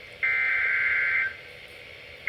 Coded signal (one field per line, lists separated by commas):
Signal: Emergency Alert System (SAME) tones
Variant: header bursts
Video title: EAS #824 NOAA Weather Radios (WR-300/WR-400) PHI Flash Flood Warning 7/9/23 5:14 PM EDT